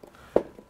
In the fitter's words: it nice and tight you'll hear it snap into its final position now